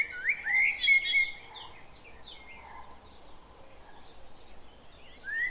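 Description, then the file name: Common blackbird delivering a rich, fluty warble at the start followed by thin high notes, then quiet hiss and a short whistle at the end. "Turdus merula"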